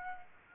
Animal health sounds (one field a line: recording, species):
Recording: mosquito wingbeat signal from an infrared sensor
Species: Aedes aegypti